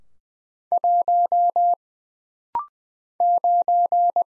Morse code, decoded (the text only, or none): 1 9